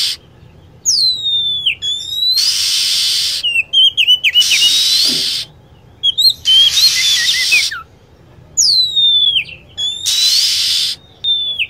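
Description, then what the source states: Lovebird calls: high, steeply falling whistled notes and quick chirp series, repeatedly interrupted by loud, grating screech bursts. Lure sound used to attract lovebirds.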